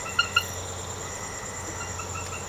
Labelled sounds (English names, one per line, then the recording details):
none
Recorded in secondary vegetation near Puerto Asís, Putumayo, Colombia, on 19 March 2025 at 01:00
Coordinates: 0.468, -76.324
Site G059